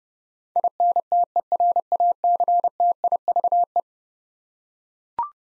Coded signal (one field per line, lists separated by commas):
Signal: Morse code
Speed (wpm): 31 wpm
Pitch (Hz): 700 Hz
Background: none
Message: INTERACTIVE